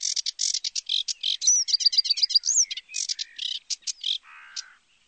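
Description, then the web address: Sedge warbler song: a rapid, chattering jumble of harsh buzzy notes mixed with sweet whistled trills and rising slurs, ending in a lower grating rattle. "chants Phragmite des joncs"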